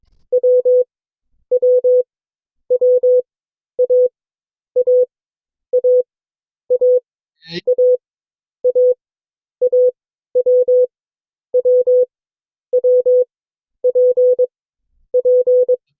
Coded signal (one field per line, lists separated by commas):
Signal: Morse code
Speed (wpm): 22 wpm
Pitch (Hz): 500 Hz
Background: none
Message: W W W A A A A A A A W W W P P